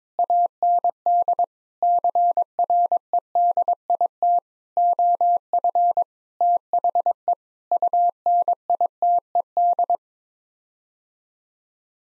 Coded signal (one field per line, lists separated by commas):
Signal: Morse code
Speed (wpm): 22 wpm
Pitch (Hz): 700 Hz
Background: none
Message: AND CREDIT OF THE UNITED